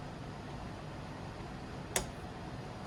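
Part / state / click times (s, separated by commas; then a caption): plastic end cap into aluminium frame extrusion of a 3D printer / seated / 2.0 s. A plastic end cap is pushed into the end of an aluminium extrusion on an Ender 3 Pro 3D printer frame during assembly. Against a steady low broadband hum, a single short, sharp click rings out at 2.0 s as the end cap snaps into place. The cap seats in the extrusion.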